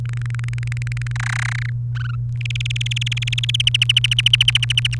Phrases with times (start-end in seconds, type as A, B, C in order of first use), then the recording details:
0.05-1.12 A, 1.16-1.70 B, 1.95-2.15 C, 2.41-3.77 D, 3.81-4.95 E. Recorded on 28 April 2018 at 13:45. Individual llb3